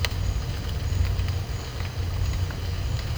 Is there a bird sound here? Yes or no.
no